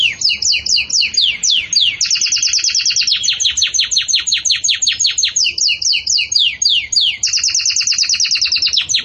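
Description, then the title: Belgian canary singing fast series of sharp descending chirps, shifting between trill speeds and repeating phrases without pause. Belgian canary singing the 'campainha' (bell) song style, recorded for tutoring young chicks. "Belíssimo Canto Do Canário Belga Campainha Para Encarte De Filhotes"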